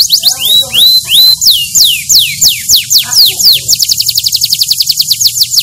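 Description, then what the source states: Canary song: a run of clear swooping notes, then a fast, even high trill. Canary described as gacor (singing often and vigorously).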